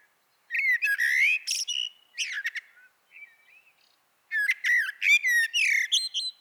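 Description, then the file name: Common blackbird song: a fluted, warbling phrase with a chattering high finish, a few quiet soft notes, then another full phrase after a short gap. "Turdus merula"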